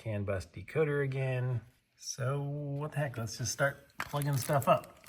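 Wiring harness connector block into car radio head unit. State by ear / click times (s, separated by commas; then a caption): not seated / none. Someone talks while handling a plastic multi-pin wiring harness connector block at the back of a new Aliexpress car radio head unit being installed in a Porsche 911. Speech fills most of the clip, with a brief pause near 1.8 seconds. The block has not seated or clicked into the head unit yet.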